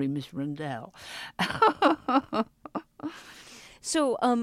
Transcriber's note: laughter